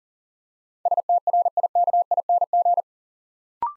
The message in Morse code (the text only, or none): STRIKING